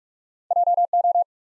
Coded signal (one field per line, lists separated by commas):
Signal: Morse code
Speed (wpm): 44 wpm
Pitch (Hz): 700 Hz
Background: none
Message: J O